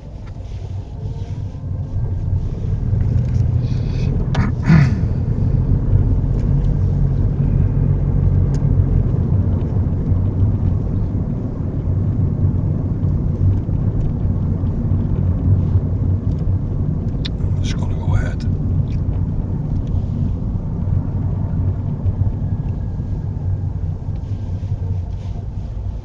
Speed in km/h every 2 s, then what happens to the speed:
13, 19, 26, 29, 32, 32, 32, 29, 26, 21, 18, 11, 3.
0-7 speeds up to 32. 7-13 steady at about 32. 13-26 slows to 3.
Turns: none.